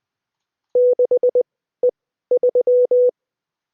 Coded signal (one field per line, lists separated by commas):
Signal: Morse code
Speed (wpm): 20 wpm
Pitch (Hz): 500 Hz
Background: none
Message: 6 E 3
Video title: Me sucking at solving morse code